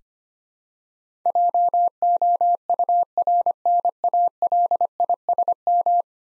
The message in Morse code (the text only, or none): JOURNALISM